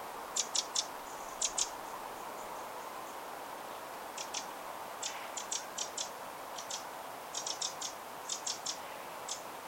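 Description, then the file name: Eurasian wren calls: sharp, high ticking notes in quick clusters of two to four, scattered throughout, over a soft hiss of background noise. "Troglodytes troglodytes"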